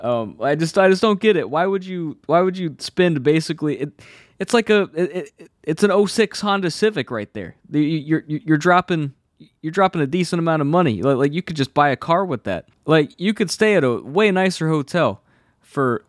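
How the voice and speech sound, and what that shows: Conversational adult male speech with a lifelong stutter: repeated words and syllables, prolonged sounds and restarts, typical of stuttering disfluency, which worsens with anxiety.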